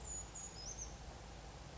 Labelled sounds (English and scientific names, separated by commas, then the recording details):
Brown Creeper (Certhia americana)
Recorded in Sonoma County, California